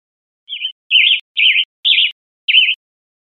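Western tanager giving a run of five raspy phrases, the first softer, spaced roughly half a second apart; no other sounds.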